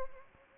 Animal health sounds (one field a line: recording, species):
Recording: mosquito wingbeat signal from an infrared sensor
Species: Anopheles gambiae